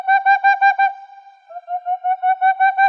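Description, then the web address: Boreal owl hooting: a rapid run of short, hollow, tonal notes, several per second, briefly pausing into a steadier tone before the quick series resumes. "Aegolius funereus"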